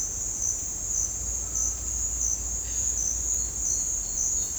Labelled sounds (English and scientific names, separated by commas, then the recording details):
none
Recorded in dense forest near Puerto Asís, Putumayo, Colombia, on 18 December 2024 at 08:30
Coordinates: 0.466, -76.327
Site G075